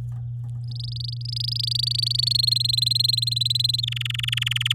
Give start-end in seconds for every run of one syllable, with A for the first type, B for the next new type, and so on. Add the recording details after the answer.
0.68-2.33 A, 2.35-3.81 B, 3.83-4.73 C. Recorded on 10 May 2018 at 10:45. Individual llb16